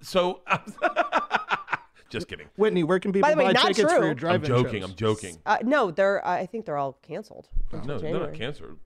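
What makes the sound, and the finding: Adult speakers in conversation. Normal speech.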